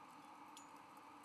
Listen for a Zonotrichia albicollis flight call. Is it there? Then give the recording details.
no. No flight call is heard. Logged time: 01:39 on 17 November 2014